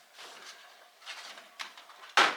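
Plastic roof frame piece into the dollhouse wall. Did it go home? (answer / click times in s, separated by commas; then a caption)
yes / 1.6 s. A plastic roof frame piece of a Barbie Dreamhouse, found not clicked on one side, is pressed back into its slot in the dollhouse wall. Soft rustling and scraping build up to a short sharp snap at 1.6 s, followed by a louder broadband burst near the end of the clip. The piece clicks into place and is seated.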